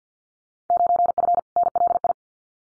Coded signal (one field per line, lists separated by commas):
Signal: Morse code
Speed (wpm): 50 wpm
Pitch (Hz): 700 Hz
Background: none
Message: 9F NLI